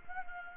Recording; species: mosquito wingbeat signal from an infrared sensor; Anopheles gambiae